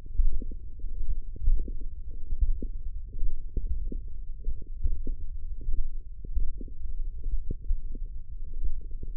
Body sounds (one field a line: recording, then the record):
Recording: forearm muscle sounds (acoustic myography)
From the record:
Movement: tripod grip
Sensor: system 1, eight BSWA MPA416 microphones around the upper forearm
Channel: 6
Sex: female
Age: 22 years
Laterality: right